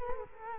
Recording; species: mosquito wingbeat signal from an infrared sensor; Culex quinquefasciatus